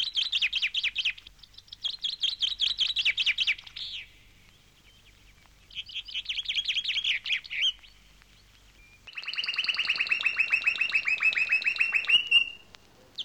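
Finch song made of rapid high trills, three short runs with a pause before the third, another pause, then a longer, lower-pitched trill.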